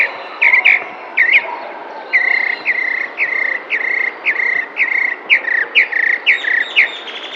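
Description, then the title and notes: Tropical mockingbird singing a long run of loud, sharp chirped notes, repeated in quick succession with varied hooked shapes. Sings in spring in a neighbourhood park in San Cristóbal de Las Casas, Chiapas, May 2021. "Cenzontle tropical que canta en primavera mientras alguien que hace ejercicio pasa a lo lejos en el parque de una colonia en San Cristóbal de Las Casas, Chiapas. Mayo 2021"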